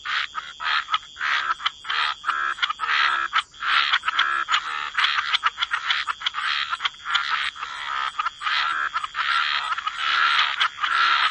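Frogs in chorus, rapid clicking croaks repeated quickly over a constant background hum.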